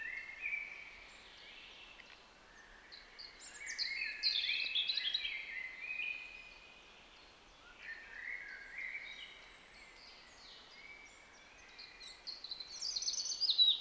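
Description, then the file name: European robin singing a string of liquid, tinkling phrases that swoop up and down, with trills and slurred whistles and brief gaps between phrases. "Erithacus rubecula"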